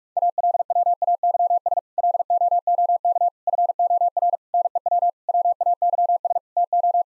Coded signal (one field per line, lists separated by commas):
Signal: Morse code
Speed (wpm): 43 wpm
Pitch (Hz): 700 Hz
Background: none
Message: ALWAYS LOOK FOR NEW WAYS TO